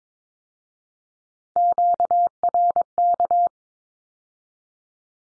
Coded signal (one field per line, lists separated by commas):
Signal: Morse code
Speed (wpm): 22 wpm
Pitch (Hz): 700 Hz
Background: none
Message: QRK